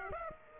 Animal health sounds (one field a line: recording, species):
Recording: mosquito wingbeat signal from an infrared sensor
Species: Aedes aegypti